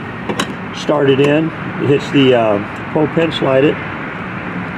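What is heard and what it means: A removable front license plate is handled for a 2019–2026 Cadillac CT5 (all models except Blackwing) and started into its bracket on the front bumper, to be slid in until the spring pull pin latches it. Someone talks throughout, and one sharp metallic hit is heard at about 0.4 s. Nothing has seated or locked yet by the end of the clip.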